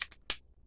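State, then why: Seated. A Dior Sauvage cologne cap is pressed back onto its bottle. Two light clicks come first, then a loud, sharp snap at 0.3 s as the cap seats firmly.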